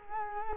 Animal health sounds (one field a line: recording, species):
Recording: mosquito wingbeat signal from an infrared sensor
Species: Culex quinquefasciatus